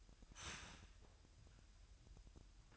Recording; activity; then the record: daily activity, microphone in the room; start toaster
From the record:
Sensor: 2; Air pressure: 1001.9 hPa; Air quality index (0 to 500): 247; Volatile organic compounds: 38 ppm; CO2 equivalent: 3115 ppm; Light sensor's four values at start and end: 9/30/12/11 and 9/30/12/11